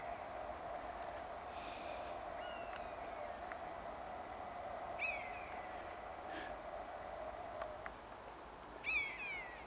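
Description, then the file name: Honey buzzard giving faint, drawn-out descending whistles, two clear ones spaced a few seconds apart, over a constant hum and light background noise. Juvenile female giving anxiety calls; Hexham, 31 August 2010. "honey-buzzard hexham w 31 aug 2010 cbuzz ad hb juv female anx calls"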